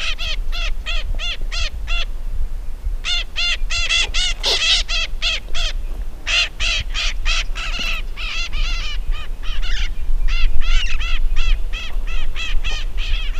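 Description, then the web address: Bird calls: rapid series of rough, nasal notes delivered in fast runs with short gaps, over low background rumble. "BIRD 2015 SABIOD 50 bird 2015"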